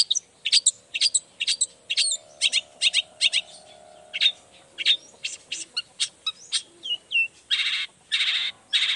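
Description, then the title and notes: Long-tailed shrike song of rapid clicking chirps and squeaky notes, ending in harsh raspy bursts. Long-tailed shrike in full song (gacor) in the morning, singing the 'toet toet' variation; said to prompt other shrikes to answer. "Cendet Gacor Dor Di Kala Pagi Toet Toet Variasi Suara. Burung cendet"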